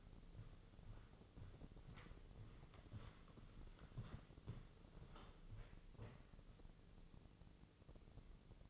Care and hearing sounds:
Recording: daily activity, microphone in the room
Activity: walk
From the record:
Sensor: 4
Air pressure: 996.7 hPa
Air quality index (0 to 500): 244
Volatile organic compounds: 383 ppm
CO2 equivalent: 4643 ppm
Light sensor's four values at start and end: 49/121/50/50 and 51/124/51/51

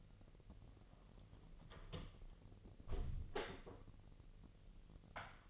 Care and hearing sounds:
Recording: daily activity, microphone in the room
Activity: close door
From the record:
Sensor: 4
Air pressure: 1002.2 hPa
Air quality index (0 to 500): 248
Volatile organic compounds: 41 ppm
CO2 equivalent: 3170 ppm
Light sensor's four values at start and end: 10/21/8/8 and 10/22/9/8

